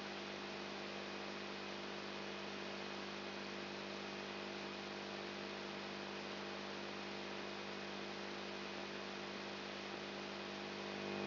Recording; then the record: brain microelectrode recording played as sound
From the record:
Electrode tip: outside the subthalamic nucleus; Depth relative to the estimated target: -4 mm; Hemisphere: right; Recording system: AlphaMap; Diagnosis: Parkinson's disease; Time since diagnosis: 7 years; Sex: female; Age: 55 years